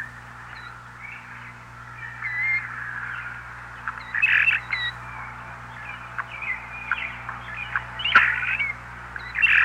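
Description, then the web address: Common starling song, a loose mix of thin whistles, clicks and short chattering notes in bursts, set over a steady low hum. "101 Bird Songs. Starling"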